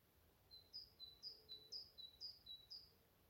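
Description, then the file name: Great tit song: a clear two-note phrase, lower note then higher, repeated about five times in quick even rhythm, faint background hiss. "Parus major"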